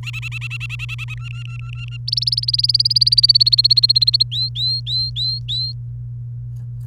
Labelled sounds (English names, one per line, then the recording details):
Domestic Canary song
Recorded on 30 April 2018 at 07:00
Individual llb3